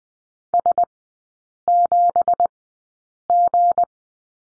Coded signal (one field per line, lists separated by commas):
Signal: Morse code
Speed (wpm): 19 wpm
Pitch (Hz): 700 Hz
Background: none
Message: S7G